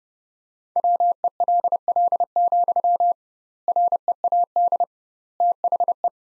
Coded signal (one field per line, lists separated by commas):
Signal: Morse code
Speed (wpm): 32 wpm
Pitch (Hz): 700 Hz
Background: none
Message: WELL, READ THE